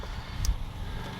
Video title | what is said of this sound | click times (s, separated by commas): OFTEN MISDIAGNOSED COMMON COOLANT LEAK ON 2008-2014 #FORD #F150 | And push it on until it clicks. And that's all you got to do. | 0.4 s